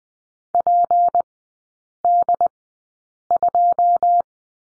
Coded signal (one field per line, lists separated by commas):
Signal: Morse code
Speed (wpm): 20 wpm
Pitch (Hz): 700 Hz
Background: none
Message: PD2